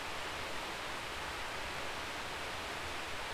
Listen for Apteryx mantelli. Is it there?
no